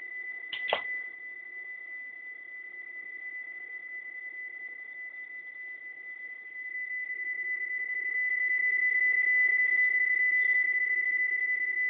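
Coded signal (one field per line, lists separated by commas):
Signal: PSK31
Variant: BPSK31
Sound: a steady pure tone near 2 kHz with faint warble, one click at start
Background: radio static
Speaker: the first mode will be psk31 more precisely the mode is B psk31 for binary phase shift King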